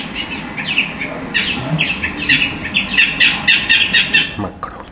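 Bird calls: irregular string of bright chirps that thickens midway, ending with a soft knock.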